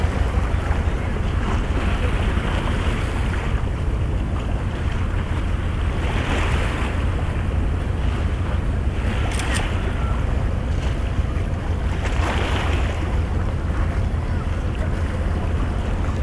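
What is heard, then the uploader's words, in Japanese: Waves wash against a harbor edge in a steady, dense hiss with a constant deep rumble underneath, likely wind or a boat. Brighter splashes rise around six, nine and twelve seconds, while the overall level stays even throughout. とある日の横浜港。この番組としては波音は初ですし、音量がちょうどよくかなりいい感じに録れたと思っています。Mic: Mu6 Lifelike2。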